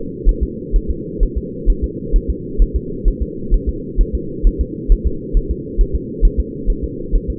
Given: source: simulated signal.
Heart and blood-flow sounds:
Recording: fetal heart sounds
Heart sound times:
0.29 s: S1
0.43 s: S2
0.76 s: S1
0.91 s: S2
1.23 s: S1
1.38 s: S2
1.70 s: S1
1.84 s: S2
2.16 s: S1
2.30 s: S2
2.62 s: S1
2.76 s: S2
3.08 s: S1
3.22 s: S2
3.54 s: S1
3.69 s: S2
4.01 s: S1
4.15 s: S2
4.47 s: S1
4.61 s: S2
4.92 s: S1
5.07 s: S2
5.37 s: S1
5.51 s: S2
5.81 s: S1
5.95 s: S2
6.25 s: S1
6.40 s: S2
6.70 s: S1
6.84 s: S2
7.15 s: S1
7.30 s: S2
From the record:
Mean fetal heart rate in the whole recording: 130 bpm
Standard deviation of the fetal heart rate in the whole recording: 2 bpm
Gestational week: 38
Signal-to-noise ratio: -4.3 dB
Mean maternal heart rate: 72 bpm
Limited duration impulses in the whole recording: absent

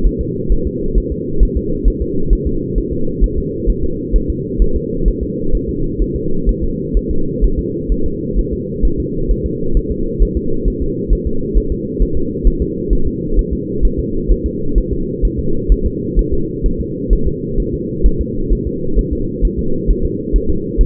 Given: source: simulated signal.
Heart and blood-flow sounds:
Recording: fetal heart sounds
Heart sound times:
0.06 s: S1
0.21 s: S2
0.52 s: S1
0.67 s: S2
0.98 s: S1
1.12 s: S2
1.43 s: S1
1.57 s: S2
1.88 s: S1
2.02 s: S2
2.33 s: S1
2.47 s: S2
2.78 s: S1
2.93 s: S2
3.24 s: S1
3.38 s: S2
3.70 s: S1
3.84 s: S2
4.16 s: S1
4.30 s: S2
4.62 s: S1
4.76 s: S2
5.08 s: S1
5.23 s: S2
5.55 s: S1
5.69 s: S2
6.02 s: S1
6.16 s: S2
6.49 s: S1
6.64 s: S2
6.97 s: S1
7.11 s: S2
7.44 s: S1
7.59 s: S2
7.92 s: S1
8.06 s: S2
8.39 s: S1
8.53 s: S2
8.85 s: S1
9.00 s: S2
9.31 s: S1
9.46 s: S2
9.77 s: S1
9.91 s: S2
10.22 s: S1
10.37 s: S2
10.68 s: S1
10.82 s: S2
11.13 s: S1
11.27 s: S2
11.57 s: S1
11.72 s: S2
12.02 s: S1
12.17 s: S2
12.47 s: S1
12.62 s: S2
12.93 s: S1
13.07 s: S2
13.39 s: S1
13.53 s: S2
13.85 s: S1
14.00 s: S2
14.31 s: S1
14.46 s: S2
14.78 s: S1
14.93 s: S2
15.25 s: S1
15.39 s: S2
15.72 s: S1
15.86 s: S2
16.19 s: S1
16.34 s: S2
16.66 s: S1
16.81 s: S2
17.13 s: S1
17.28 s: S2
17.60 s: S1
17.74 s: S2
18.06 s: S1
18.21 s: S2
18.53 s: S1
18.67 s: S2
18.99 s: S1
19.13 s: S2
19.45 s: S1
19.59 s: S2
19.90 s: S1
20.05 s: S2
20.36 s: S1
20.50 s: S2
20.81 s: S1
From the record:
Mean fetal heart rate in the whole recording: 130 bpm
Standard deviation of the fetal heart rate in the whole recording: 2 bpm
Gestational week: 36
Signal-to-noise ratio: -8.1 dB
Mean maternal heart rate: 72 bpm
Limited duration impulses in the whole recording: absent

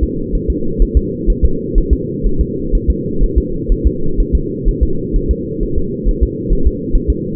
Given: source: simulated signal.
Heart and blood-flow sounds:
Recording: fetal heart sounds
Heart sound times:
0.03 s: S2
0.35 s: S1
0.50 s: S2
0.82 s: S1
0.97 s: S2
1.30 s: S1
1.45 s: S2
1.78 s: S1
1.93 s: S2
2.26 s: S1
2.41 s: S2
2.75 s: S1
2.90 s: S2
3.23 s: S1
3.38 s: S2
3.72 s: S1
3.87 s: S2
4.20 s: S1
4.35 s: S2
4.68 s: S1
4.83 s: S2
5.16 s: S1
5.31 s: S2
5.63 s: S1
5.78 s: S2
6.09 s: S1
6.23 s: S2
6.53 s: S1
6.67 s: S2
6.95 s: S1
7.10 s: S2
From the record:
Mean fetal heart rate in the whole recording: 130 bpm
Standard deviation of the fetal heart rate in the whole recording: 4 bpm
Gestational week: 38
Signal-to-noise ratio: -8.1 dB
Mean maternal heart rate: 72 bpm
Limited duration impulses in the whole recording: absent

